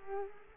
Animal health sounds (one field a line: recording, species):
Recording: mosquito wingbeat signal from an infrared sensor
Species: Culex quinquefasciatus